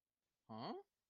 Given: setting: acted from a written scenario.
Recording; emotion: vocal sound without words; confusion